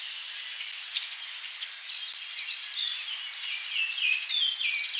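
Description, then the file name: Blue-gray gnatcatcher giving thin, high, wheezy notes and short chips in a quick, jumbled run, ending with a rapid ticking series, over a faint steady hiss. "Polioptila caerulea"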